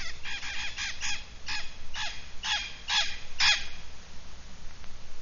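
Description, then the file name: Hispaniolan parrot calling in a series of several loud, rasping squawks spaced about half a second apart, then quiet. "Amazona ventralis - Cotorra"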